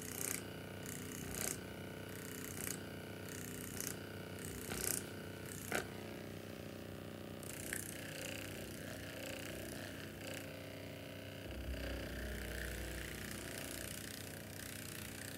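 A motorized massager whirs steadily with a gear-like buzz, rhythmic ticking clicks early on, and a deeper rumble taking over near the end.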